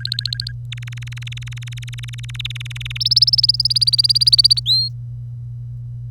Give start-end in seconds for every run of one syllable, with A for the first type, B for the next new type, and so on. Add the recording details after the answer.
0.00-0.52 A, 0.72-2.97 B, 3.00-4.60 C, 4.66-4.88 D. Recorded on 25 April 2018 at 07:14. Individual llb3